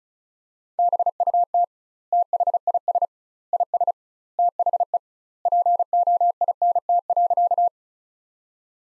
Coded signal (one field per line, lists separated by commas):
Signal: Morse code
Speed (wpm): 36 wpm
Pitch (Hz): 700 Hz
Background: none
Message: BUT THIS IS THE POINT.